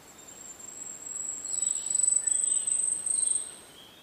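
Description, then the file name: Asian stubtail song: an extremely high, thin insect-like hiss that swells steadily louder for about two seconds, then fades. "yabu"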